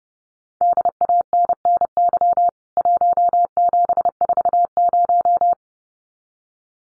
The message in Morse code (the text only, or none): DANNY 1740